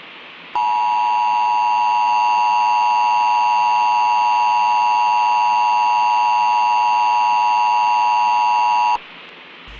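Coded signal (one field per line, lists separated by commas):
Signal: Emergency Alert System (SAME) tones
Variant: 853 and 960 Hz attention tone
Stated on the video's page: Fictional analog horror EAS scenario using valid EAS tones.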